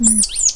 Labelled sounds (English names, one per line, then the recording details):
Stitchbird song
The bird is a male
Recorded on Tiritiri Matangi Island, New Zealand, in 2005
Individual 1, of nest box 1